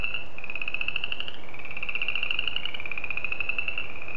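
Spring peeper calls as high, pulsed trills that run on almost without pause, each lasting over a second before the next begins slightly lower or higher.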